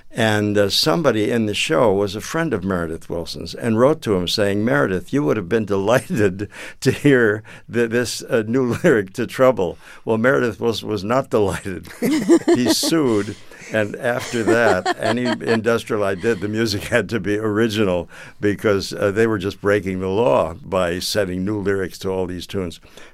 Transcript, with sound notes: And somebody in the show was a friend of Meredith Wilson's and wrote to him, saying Meredith, you would've been delighted to hear this new lyric to "Trouble." Well, Meredith was not delighted.
(LAUGHTER)
He sued, and after that, any industrial I did, the music had to be original because they were just breaking the law by setting new lyrics to all these tunes.